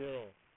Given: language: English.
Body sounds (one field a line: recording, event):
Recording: throat vibration sensor signal played as sound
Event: speech